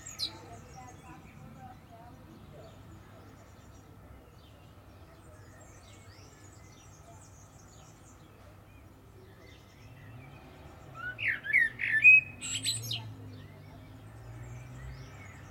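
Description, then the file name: Common blackbird singing a brief phrase of twittering, squeaky high notes late after a long quiet stretch with low hum beneath. "Turdus merula"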